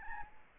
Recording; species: mosquito wingbeat signal from an infrared sensor; Aedes albopictus